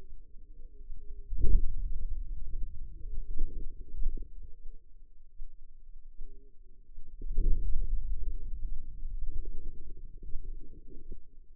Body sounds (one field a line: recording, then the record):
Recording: forearm muscle sounds (acoustic myography)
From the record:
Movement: hand closing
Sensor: system 2, bracelet of six BSWA MPA416 microphones around the upper forearm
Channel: 6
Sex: female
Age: 25 years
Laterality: right